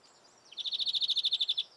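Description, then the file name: European greenfinch giving a rapid, even trill of more than a dozen high notes lasting about a second, preceded by a faint thin note. "Chloris chloris"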